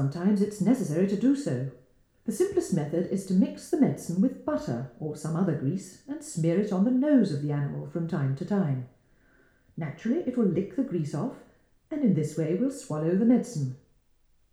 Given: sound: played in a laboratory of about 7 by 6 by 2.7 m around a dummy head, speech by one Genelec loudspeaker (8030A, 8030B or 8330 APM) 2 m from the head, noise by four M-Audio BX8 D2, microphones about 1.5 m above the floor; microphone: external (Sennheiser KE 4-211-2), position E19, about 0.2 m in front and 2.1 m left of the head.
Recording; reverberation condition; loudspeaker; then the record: female speech in English; medium; 90 degrees to the left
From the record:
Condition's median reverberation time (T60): about 510 ms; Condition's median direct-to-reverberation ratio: about -0.5 dB